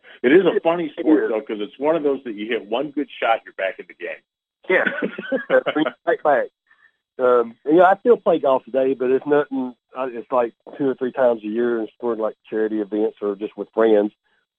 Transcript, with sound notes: It is a funny sport though 'cause it's one of those that you hit one good shot, you're back in the game.
Yeah. (laughs) Right back. Um, you know, I still play golf today, but it's nothing... Uh, it's like two or three times a year at sports... Like charity events or just with friends